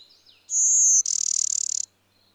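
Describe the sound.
Bird song: a steady high whistle flows straight into a fast, pulsed buzzy trill, the whole phrase about one and a half seconds long.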